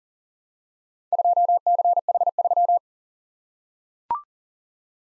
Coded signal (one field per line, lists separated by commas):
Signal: Morse code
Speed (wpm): 40 wpm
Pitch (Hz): 700 Hz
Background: none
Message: 2CH3